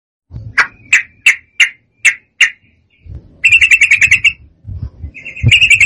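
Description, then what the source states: Yellow-vented bulbul song: six loud, evenly spaced chirps, then a rapid bubbling chatter in two bursts, with low rumbling underneath. Master recording of a persistently, energetically singing (gacor) bird, used for training.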